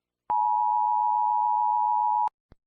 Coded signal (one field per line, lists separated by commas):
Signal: Emergency Alert System (SAME) tones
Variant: 853 and 960 Hz attention tone